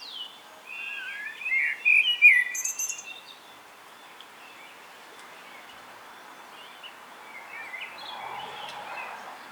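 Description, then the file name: Common blackbird uttering one short warbled phrase with a squeaky ending near the start, followed by faint background bird notes and steady hiss. "Turdus merula"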